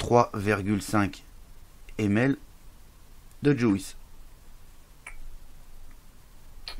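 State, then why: Seated. After filling a Vaporesso Cascade One e-cigarette tank with e-liquid, the hinged top-fill cap is pressed shut while someone talks. A sharp snap at 6.7 s marks the cap clipping into place, so it stays closed until the top cap is pulled.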